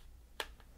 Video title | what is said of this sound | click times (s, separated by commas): Best iPhone 11 Pro Wallet Cases // Card Style Cases | You can hear it click into place, | 0.4 s